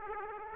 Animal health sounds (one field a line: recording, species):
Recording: mosquito wingbeat signal from an infrared sensor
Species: Aedes aegypti